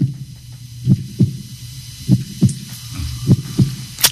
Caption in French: Le premier son qu'on a tous entendu. C'est la première chose qu'on entend, les battements du cœur de sa mère.